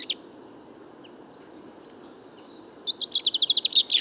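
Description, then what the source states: Common chaffinch: near quiet with a faint chirp, then a quick run of repeated notes ending in a short flourish. Bois de Vincennes, 16 February 2019; recordist's first chaffinch song recorded in 2019; fine weather; song confused, weaker than typical, small babbles; courtship song toward nearby females; Nagra Seven, Wiltronic parabola, mono.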